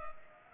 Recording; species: mosquito wingbeat signal from an infrared sensor; Culex pipiens